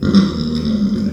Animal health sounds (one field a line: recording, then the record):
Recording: squeal of a Yucatan mini pig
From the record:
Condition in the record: after surgery on the right vocal fold (resection and tissue-engineered implant)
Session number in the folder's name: 13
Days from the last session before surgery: 113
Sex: female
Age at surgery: 19 weeks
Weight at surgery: 25 kg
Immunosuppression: prednisolone